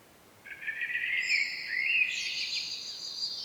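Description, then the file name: Common blackbird song, a flowing whistled warble that breaks into a long, high, twittering ending. "Turdus merula"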